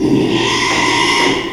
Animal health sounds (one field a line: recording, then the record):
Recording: squeal of a Yucatan mini pig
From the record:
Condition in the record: after surgery on the right vocal fold (resection and tissue-engineered implant)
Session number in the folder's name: 1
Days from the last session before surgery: 6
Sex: male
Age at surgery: 12 weeks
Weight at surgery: 13 kg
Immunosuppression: cyclosporine, prednisolone